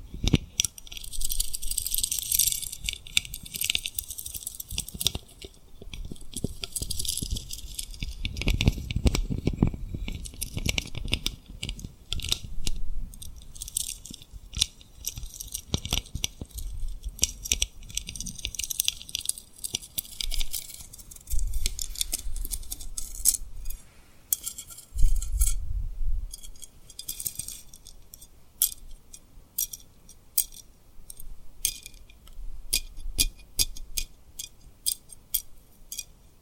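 Tapping and rubbing on a rhinestone-covered surface, with dense, bright rattly clicks and scratchy rubs running throughout. Low soft thumps surge around 9 seconds, 20 seconds and 25 seconds, while the later stretch turns into quicker, sharper, more separated taps.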